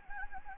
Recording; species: mosquito wingbeat signal from an infrared sensor; Anopheles gambiae